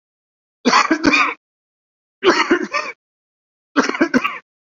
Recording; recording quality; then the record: heavy voluntary cough; excellent, no background noise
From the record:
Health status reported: COVID-19 positive, moderate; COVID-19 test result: positive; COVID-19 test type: RT-PCR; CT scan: not taken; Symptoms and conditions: cough, cold, fever, fatigue, muscle pain, loss of smell and taste, diarrhoea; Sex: male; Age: 25 years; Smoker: no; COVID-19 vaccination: both doses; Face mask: worn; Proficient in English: yes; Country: India